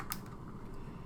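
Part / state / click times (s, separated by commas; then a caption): film lock/pressure flap in a 35mm film camera / seated / 0.1 s. The film lock of a Kodak S100EF 35mm camera is pressed down after the film leader is lined up on the sprocket teeth. A single sharp click sounds at 0.1 s over a low background hum. The film is locked into place.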